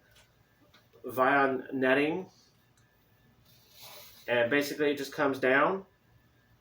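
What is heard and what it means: Someone talks while swinging a folding landing net's hoop down toward its handle's power lock. Faint handling noises are heard under the voice, but nothing has seated or clicked yet.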